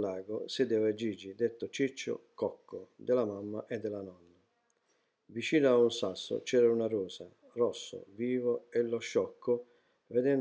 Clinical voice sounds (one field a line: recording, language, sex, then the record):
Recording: read passage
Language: Italian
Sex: male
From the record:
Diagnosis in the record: healthy control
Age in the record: 68 years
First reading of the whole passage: 59 s, 8.4 characters per second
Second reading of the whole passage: 56 s, 8.8 characters per second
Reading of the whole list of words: 34 s, 8.3 characters per second